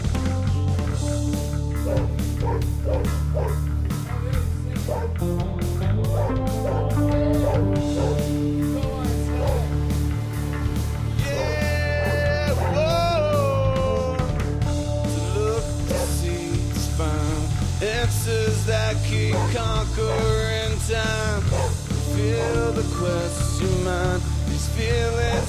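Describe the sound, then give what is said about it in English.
A dog whimpers and yelps in high, wavering glides, singing along with steady music and a person's singing voice, its whines rising and falling in pitch across several stretches. “Sorry, my dog wants to sing too, I guess.”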